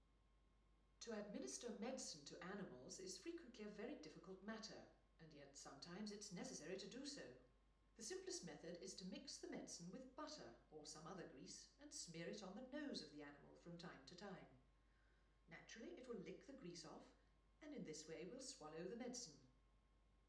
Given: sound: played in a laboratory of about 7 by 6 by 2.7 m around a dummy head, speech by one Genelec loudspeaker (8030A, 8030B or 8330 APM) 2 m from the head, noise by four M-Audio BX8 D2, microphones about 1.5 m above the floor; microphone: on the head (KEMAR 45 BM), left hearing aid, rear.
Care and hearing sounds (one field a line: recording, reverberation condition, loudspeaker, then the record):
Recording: female speech in English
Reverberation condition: medium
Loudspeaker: 30 degrees to the left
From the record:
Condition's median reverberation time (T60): about 510 ms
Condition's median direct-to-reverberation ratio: about -0.5 dB